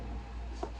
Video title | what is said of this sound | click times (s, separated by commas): Hammerli 22lr Assembly & Disassembly | Just want to kind of push down on that spring and your top will snap into place once it's there. | 0.6 s